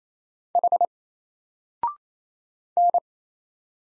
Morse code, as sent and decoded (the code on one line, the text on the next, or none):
.... / -.
H N